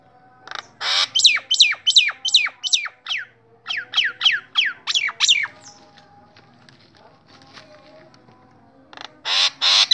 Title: Burung Jalak Nias Gacor Suara Super Gledek Untuk Masteran